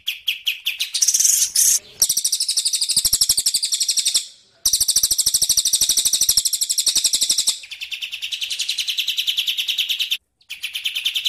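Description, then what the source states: Bird giving long, dense, very high buzzing trills with brief gaps, the pitch lowering slightly in later phrases. Tutor song used for training songbirds (masteran).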